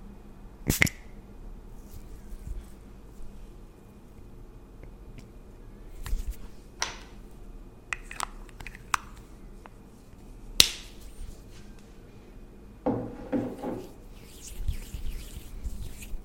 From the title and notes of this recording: ASMR Pampering Your Skin & Hair for Fall Layered Sounds Tingly Sounds For Sleep( No Talking ).